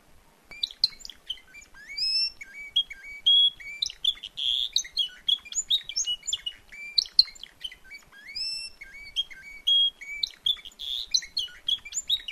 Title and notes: Canario timbrado de Gabriel. reproduccion de un canario en evento